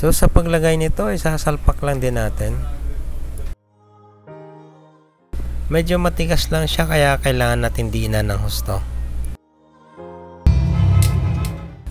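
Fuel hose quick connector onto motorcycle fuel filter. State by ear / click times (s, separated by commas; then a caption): seated / 11.0 s. Someone talks over music while a stiff plastic quick-connect fitting on the fuel hose of a Yamaha Sniper 150 motorcycle is pressed firmly onto the nipple of the new fuel filter. A click is heard at 11.0 s as the lock catches, and the connector is seated on the filter.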